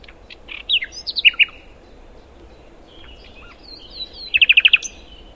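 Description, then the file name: Common nightingale song phrases: whistled downslurred notes, then a loud run of about six rapidly repeated notes near the end, with soft rising whistles between them. "Luscinia megarhynchos"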